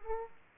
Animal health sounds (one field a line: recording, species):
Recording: mosquito wingbeat signal from an infrared sensor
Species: Aedes aegypti